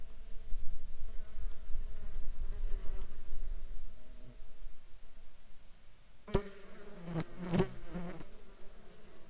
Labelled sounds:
insects
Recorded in Ivvavik National Park, Yukon, on 2 July 2019 at 16:07
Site SINP03

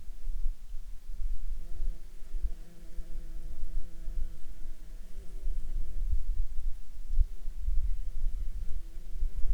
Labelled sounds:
wind
insects
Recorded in Ivvavik National Park, Yukon, on 7 July 2019 at 21:24
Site SINP09

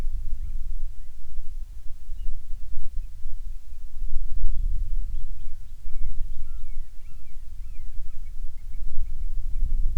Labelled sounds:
bird
wind
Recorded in the Prudhoe Bay oil fields, Alaska, on 10 July 2019 at 14:07
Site 14

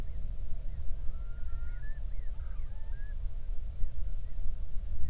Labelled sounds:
loon
wind
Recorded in the Prudhoe Bay oil fields, Alaska, on 31 July 2019 at 08:13
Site 24

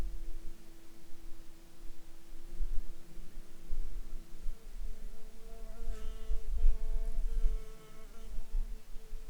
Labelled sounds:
insects
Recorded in Ivvavik National Park, Yukon, on 1 July 2019 at 09:51
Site SINP09

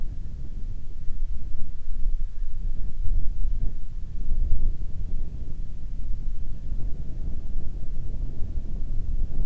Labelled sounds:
bird
wind
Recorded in the Arctic National Wildlife Refuge, Alaska, on 1 June 2019 at 20:42
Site 37

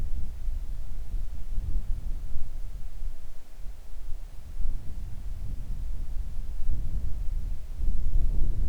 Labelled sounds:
wind
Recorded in the Arctic National Wildlife Refuge, Alaska, on 3 August 2019 at 10:26
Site 41

